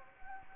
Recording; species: mosquito wingbeat signal from an infrared sensor; Anopheles gambiae